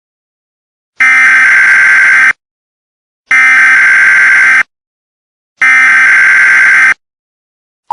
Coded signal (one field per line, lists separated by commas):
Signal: Emergency Alert System (SAME) tones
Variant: header bursts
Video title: A EAS scenario #6 Perry the platypus